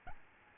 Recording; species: mosquito wingbeat signal from an infrared sensor; Aedes albopictus